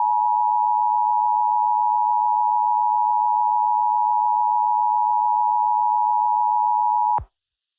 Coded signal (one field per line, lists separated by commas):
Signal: Emergency Alert System (SAME) tones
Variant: 853 and 960 Hz attention tone